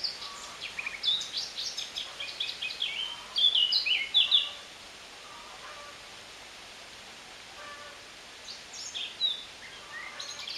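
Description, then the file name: Eurasian blackcap singing a scratchy, twittering warble that turns into loud fluty descending whistles, then a long pause, then a softer burst of notes near the end. "Sylvia atricapilla"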